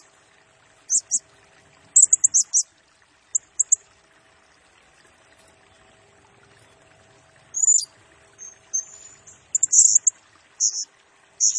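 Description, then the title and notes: Blue-crowned hanging parrot song in two bouts, a few sharp high squeaks early, a long quiet gap, then renewed buzzy shrill bursts. Serindit in 'gacor' (constantly singing) and 'nembak' rapid-fire style; recording used as a 'pemikat' lure and 'nasteran' tutor for training birds, said to agitate all birds. "Burung Serindit Nembak Gacor Bikin Emosi Semua Burung. Suara Nasteran Dan Pemikat Burung Serinditan Gacor"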